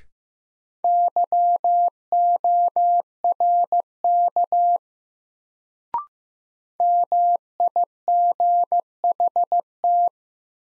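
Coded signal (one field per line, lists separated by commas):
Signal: Morse code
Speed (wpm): 15 wpm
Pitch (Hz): 700 Hz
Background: none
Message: YORK MIGHT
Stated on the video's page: Morse new-word head-copy drill at 15 wpm; each word sent, spoken, then sent again.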